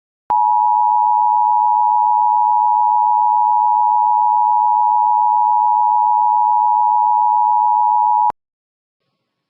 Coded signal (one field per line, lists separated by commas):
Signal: Emergency Alert System (SAME) tones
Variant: 853 and 960 Hz attention tone